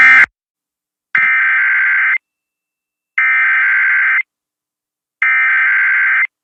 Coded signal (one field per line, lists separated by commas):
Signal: Emergency Alert System (SAME) tones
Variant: header bursts